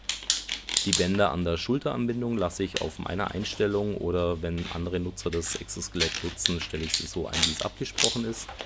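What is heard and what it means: While taking off a German Bionic Cray X (version 3.1) powered exoskeleton, the ratchet straps on the chest attachment are loosened and checked in their chest-belt ratchet buckles. Sharp plastic clicks at 0.1 s and 0.3 s mark the ratchet strap latches engaging, and the straps are seated. Someone then talks for the rest of the clip.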